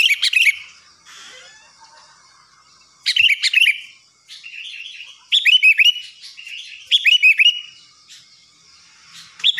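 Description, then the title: Sooty-headed bulbul singing short bubbly phrases of rolling whistled notes, about five bursts spread over the recording, with faint twittering between them. "Kutilang"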